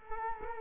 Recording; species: mosquito wingbeat signal from an infrared sensor; Culex quinquefasciatus